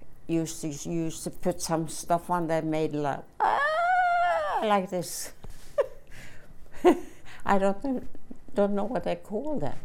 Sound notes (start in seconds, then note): 3.4 she gently shrieks; 5.7 she laughs